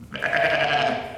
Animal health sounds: contact call of a hoofed animal; sheep; low-frequency (closed-mouth) or high-frequency (open-mouth) call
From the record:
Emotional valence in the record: negative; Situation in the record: short social isolation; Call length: 1.18 s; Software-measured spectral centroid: 2010 Hz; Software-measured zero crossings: 2380 a second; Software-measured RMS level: -23 dBFS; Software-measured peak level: -6 dBFS

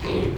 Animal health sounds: contact call of a hoofed animal; pig; closed-mouth grunt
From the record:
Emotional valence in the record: positive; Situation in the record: food and toys in familiar pen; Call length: 0.38 s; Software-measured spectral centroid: 1750 Hz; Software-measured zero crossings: 1260 a second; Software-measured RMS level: -24 dBFS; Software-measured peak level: -12 dBFS

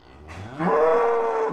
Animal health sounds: contact call of a hoofed animal; cattle; low-frequency (closed-mouth) or high-frequency (open-mouth) call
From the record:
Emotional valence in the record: negative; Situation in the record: full separation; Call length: 1.53 s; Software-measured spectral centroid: 1090 Hz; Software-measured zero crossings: 1350 a second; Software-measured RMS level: -22 dBFS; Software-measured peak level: -9 dBFS

